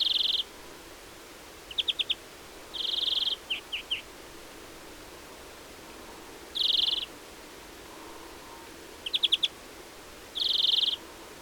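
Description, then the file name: European greenfinch calls alternating buzzy trills with quick chattering bursts of three to four notes, repeated throughout against a quiet background. "Chloris chloris"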